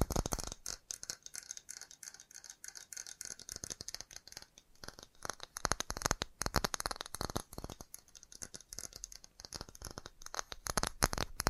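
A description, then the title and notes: Fast tapping runs the full length, a dense stream of sharp, crisp clicks with a rattling quality. The taps come in rapid, slightly uneven bursts, with short thinner stretches around the second and fourth seconds and louder clusters later. FAST TAPPING (No Talking).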